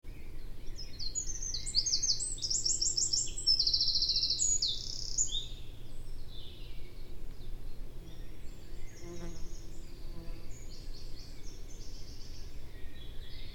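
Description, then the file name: Eurasian wren song, a loud burst of rapid high trills and twittering notes for about five seconds, then fainter high phrases over a steady low rumble. "Troglodytes troglodytes"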